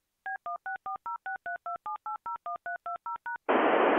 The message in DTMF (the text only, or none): B16406327801320#